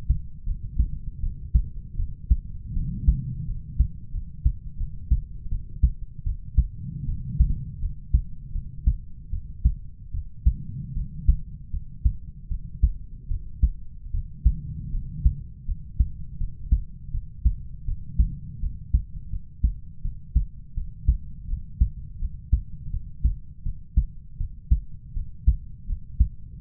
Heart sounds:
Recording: heart sounds by stethoscope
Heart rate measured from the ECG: 80 bpm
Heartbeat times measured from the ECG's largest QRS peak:
0.45 s: heartbeat
1.20 s: heartbeat
1.96 s: heartbeat
2.73 s: heartbeat
3.45 s: heartbeat
4.11 s: heartbeat
4.77 s: heartbeat
5.49 s: heartbeat
6.23 s: heartbeat
7.05 s: heartbeat
7.79 s: heartbeat
8.52 s: heartbeat
9.30 s: heartbeat
10.11 s: heartbeat
10.93 s: heartbeat
11.70 s: heartbeat
12.48 s: heartbeat
13.28 s: heartbeat
14.11 s: heartbeat
14.91 s: heartbeat
15.65 s: heartbeat
16.37 s: heartbeat
17.11 s: heartbeat
17.85 s: heartbeat
18.60 s: heartbeat
19.29 s: heartbeat
20.01 s: heartbeat
20.74 s: heartbeat
21.47 s: heartbeat
22.18 s: heartbeat
22.90 s: heartbeat
23.63 s: heartbeat
24.37 s: heartbeat
25.13 s: heartbeat
25.86 s: heartbeat
26.59 s: heartbeat
From the record:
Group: healthy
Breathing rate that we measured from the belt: 16 breaths a minute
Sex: male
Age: 20 years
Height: 187 cm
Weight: 68.9 kg

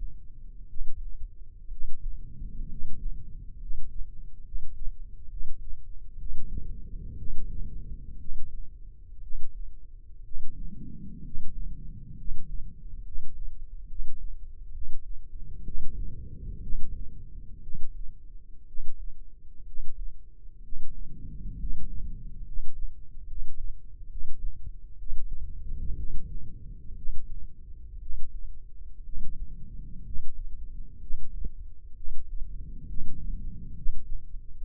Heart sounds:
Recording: heart sounds by microphone in the left ear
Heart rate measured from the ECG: 64 bpm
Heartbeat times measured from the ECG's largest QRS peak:
0.67 s: heartbeat
1.69 s: heartbeat
2.68 s: heartbeat
3.58 s: heartbeat
4.42 s: heartbeat
5.28 s: heartbeat
6.17 s: heartbeat
7.16 s: heartbeat
8.18 s: heartbeat
9.21 s: heartbeat
10.23 s: heartbeat
11.22 s: heartbeat
12.15 s: heartbeat
13.03 s: heartbeat
13.87 s: heartbeat
14.71 s: heartbeat
15.63 s: heartbeat
16.61 s: heartbeat
17.61 s: heartbeat
18.66 s: heartbeat
19.65 s: heartbeat
20.62 s: heartbeat
21.57 s: heartbeat
22.44 s: heartbeat
23.26 s: heartbeat
24.08 s: heartbeat
24.97 s: heartbeat
25.95 s: heartbeat
26.95 s: heartbeat
27.99 s: heartbeat
29.02 s: heartbeat
30.03 s: heartbeat
30.99 s: heartbeat
31.94 s: heartbeat
32.86 s: heartbeat
33.73 s: heartbeat
34.56 s: heartbeat
From the record:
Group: healthy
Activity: rest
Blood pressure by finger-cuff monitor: 118/69 mmHg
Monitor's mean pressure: 83 mmHg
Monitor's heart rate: 63 bpm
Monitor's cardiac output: 7.2 L/min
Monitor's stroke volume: 115 mL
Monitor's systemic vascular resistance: 850 dyn s/cm5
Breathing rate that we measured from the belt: 6 breaths a minute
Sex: male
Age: 23 years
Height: 178 cm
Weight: 96.6 kg

